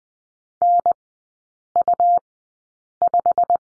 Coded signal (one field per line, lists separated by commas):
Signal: Morse code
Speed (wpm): 20 wpm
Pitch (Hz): 700 Hz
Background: none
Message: NU5